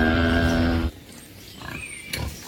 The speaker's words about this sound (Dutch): Nou, dat is overduidelijk een koe, maar wat... Ja, dit is het groetgeluid. Oké. Okay. Ja, dus dit is het geluid dat de koe maakt alleen wanneer je de stal binnenkomt. Alleen op het moment waarop je over de drempel stapt.